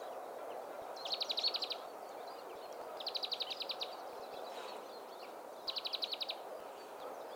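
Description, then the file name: European greenfinch giving rapid, evenly pulsed trilled calls in three short bursts, over a steady background hiss. "Chloris chloris"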